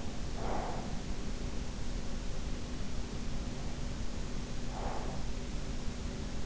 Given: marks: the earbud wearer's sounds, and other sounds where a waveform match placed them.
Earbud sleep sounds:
sounds in sleep by an in-ear microphone; breath
0.07-1.53 s: breath
4.40-5.79 s: breath

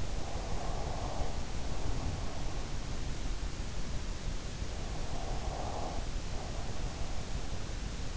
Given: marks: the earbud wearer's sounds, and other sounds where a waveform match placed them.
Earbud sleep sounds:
sounds in sleep by an in-ear microphone; breath
0.00-3.08 s: breath
4.59-7.33 s: breath

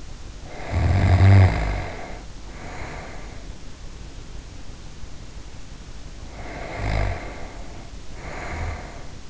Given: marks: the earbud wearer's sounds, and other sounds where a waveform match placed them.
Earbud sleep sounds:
sounds in sleep by an in-ear microphone; snoring breath
0.37-3.75 s: snoring breath
6.15-9.30 s: snoring breath

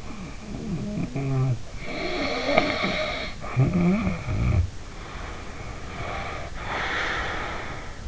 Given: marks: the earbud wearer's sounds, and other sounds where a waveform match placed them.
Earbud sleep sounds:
sounds in sleep by an in-ear microphone; snoring breath, breath
0.29-1.69 s: snoring breath
1.84-4.81 s: snoring breath
4.98-8.08 s: breath

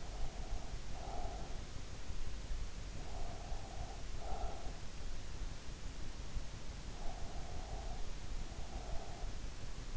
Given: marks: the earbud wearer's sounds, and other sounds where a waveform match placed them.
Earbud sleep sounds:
sounds in sleep by an in-ear microphone; breath
0.00-1.59 s: breath
3.02-4.90 s: breath
6.95-9.39 s: breath

